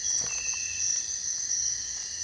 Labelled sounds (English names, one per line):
none